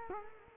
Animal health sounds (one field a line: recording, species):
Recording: mosquito wingbeat signal from an infrared sensor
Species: Culex quinquefasciatus